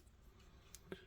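On the second side of a Transformers Legacy Evolution Voyager Class Leo Prime action figure, the plastic lion leg is rotated, lined up, and its peg pushed into the hole in the body. Two short ticks are heard at 0.8 s and 0.9 s as the peg clicks into place and seats.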